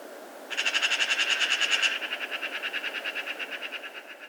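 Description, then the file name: Eurasian magpie chattering: a dry, machine-gun rattle of fast, even pulses lasting nearly four seconds and fading slightly toward the end. "Pica pica"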